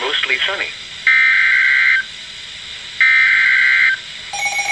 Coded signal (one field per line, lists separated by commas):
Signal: Emergency Alert System (SAME) tones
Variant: header bursts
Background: speech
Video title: Severe Thunderstorm Warning #2 (EAS #253)